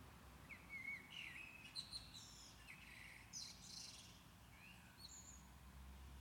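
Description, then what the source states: Common blackbird singing relaxed, fluty whistled phrases broken by high scratchy twitters, over a low steady background rumble. Recorded at Maindy.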